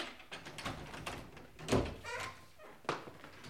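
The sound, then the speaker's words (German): A door is handled with a scrape and a loud thud, followed by a second sharp knock as it swings and settles, over faint shuffling movement, as someone arrives. “da kommt jemand.”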